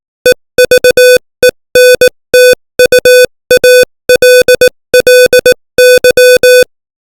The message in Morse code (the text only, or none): EVENTUALLY